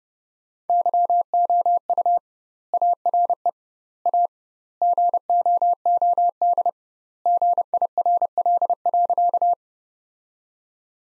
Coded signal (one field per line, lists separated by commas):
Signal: Morse code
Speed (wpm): 30 wpm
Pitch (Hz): 700 Hz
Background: none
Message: YOU ARE A GOOD GIRL.